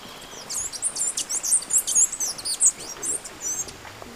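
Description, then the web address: Swallow tanager song: a rapid run of very high, thin, squeaky notes and short slurs, tightly packed over about three seconds, then tapering off, over a soft hiss. Song and calls, eastern lowlands of South America. "S America Eastern Lowlands. Tersina viridis, song and calls"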